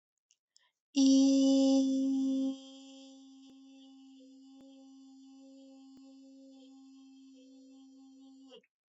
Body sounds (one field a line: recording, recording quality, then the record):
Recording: sustained vowel as in beet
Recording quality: excellent, no background noise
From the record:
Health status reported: recovered from COVID-19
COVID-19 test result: positive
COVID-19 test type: RT-PCR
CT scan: not taken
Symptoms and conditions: loss of smell and taste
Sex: female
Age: 22 years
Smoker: no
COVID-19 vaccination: both doses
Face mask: not worn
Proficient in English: yes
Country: India